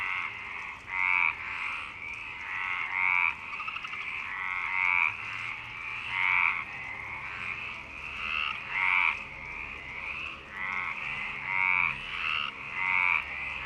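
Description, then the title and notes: Frog chorus of rasping, trilled croaks coming in quick overlapping bursts, a steady wall of calling throughout. Frog chorus at Parc Longchamp, Marseille, Provence-Alpes-Côte d'Azur, France, 26 March 2011, 19:35; recorded with MixPre-6 and Basic Ucho. "Marseille, Provence-Alpes-Côte d'Azur, France - 26_03_11_19_35 Longchamps_004 grenouilles. Grenouilles au parc de Longchamp"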